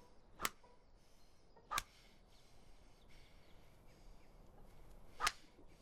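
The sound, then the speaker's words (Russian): Three sharp, snapping lashes of a thin switch as a lieutenant strikes a young man's hands, two in quick succession and a third after a long pause, over a quiet, hissing background with no voices. “Поручик ударяет Алексея прутом по рукам.”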